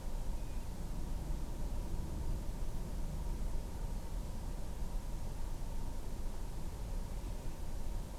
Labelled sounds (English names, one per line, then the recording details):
Common Ringed Plover
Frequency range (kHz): Common Ringed Plover 2.2-3.0 kHz
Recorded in France